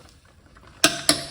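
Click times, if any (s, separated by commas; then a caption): 0.8 s, 1.1 s. A click-type torque wrench set to 27 ft-lb tightens a bolt on the automatic transmission of a 2015 Mazda CX-5 during an ATF service. After faint low ticks, two loud sharp clicks ring out at 0.8 s and 1.1 s as the wrench breaks over, confirming the bolt is torqued.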